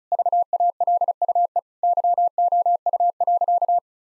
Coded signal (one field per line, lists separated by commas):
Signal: Morse code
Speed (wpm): 34 wpm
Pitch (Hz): 700 Hz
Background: none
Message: VALUE YOU.